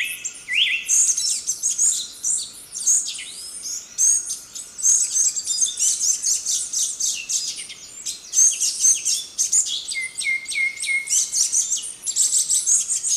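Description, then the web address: Ochre-breasted Tanager giving dense, high chattering calls, many sharp overlapping notes running almost without pause, with a few thin whistles mixed in. Recorded in Ecuador. "Natures Songs S America Birds of Ecuador Ochre-breasted Tanager"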